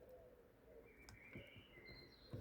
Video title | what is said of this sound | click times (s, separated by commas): Mercedes W202 Trunk Repair: Rust Treatment, Weather Seal, and Vacuum Actuator | Well, it didn't click, but it's in that but it's installed, right? | none